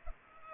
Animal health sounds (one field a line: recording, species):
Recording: mosquito wingbeat signal from an infrared sensor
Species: Culex pipiens